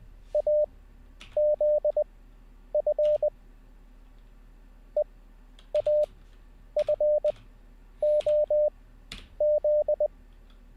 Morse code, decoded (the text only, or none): AZF EAFOZ